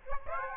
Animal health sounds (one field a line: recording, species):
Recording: mosquito wingbeat signal from an infrared sensor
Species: Aedes aegypti